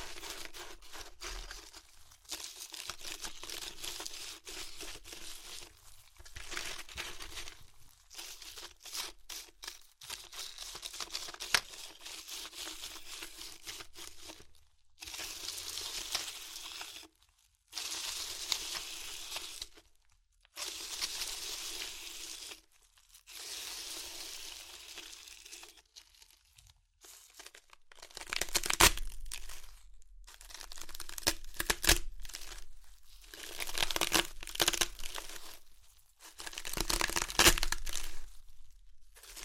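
Chips being crushed and crunched in irregular bursts of crackly, bright crinkling, broken by brief silent gaps every second or two. The crunching stays dense and scratchy throughout, growing louder and sharper with heavier snaps after about 28 seconds.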